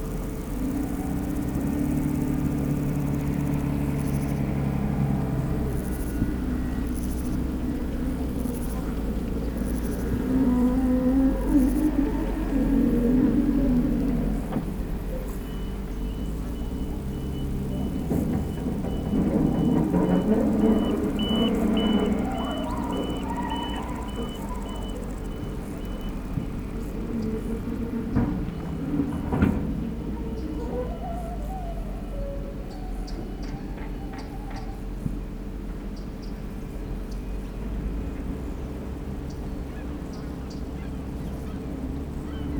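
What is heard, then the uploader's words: A floodplain soundscape built on a steady low rumble like passing vehicles, with wavering, call-like tones rising through the middle around 10 and 20 seconds. A thin, regular beeping runs from about 15 to 26 seconds, and faint clicks and knocks scatter throughout. Aural encounters in the floodplains by pablo sanz, 2023. An imaginary day, from dawn to sunset. It meanders through aural spaces based on encounters with human and other-than-human lifeforms and their movements, shaped by the presence of the river.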